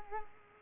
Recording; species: mosquito wingbeat signal from an infrared sensor; Culex quinquefasciatus